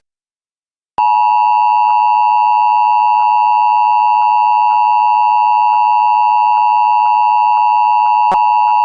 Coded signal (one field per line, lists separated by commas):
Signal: Emergency Alert System (SAME) tones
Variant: 853 and 960 Hz attention tone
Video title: REUPLOAD (EAS #41) | Flash Flood Warning for Maricopa County, AZ | 05/19/2023